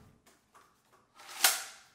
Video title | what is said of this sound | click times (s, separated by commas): How to assemble your Metra 30-6229 single-DIN dash kit for select 1974-03 vehicles - Crutchfield | Now slide your radio into the sleeve from the front until it snaps into place. | 1.5 s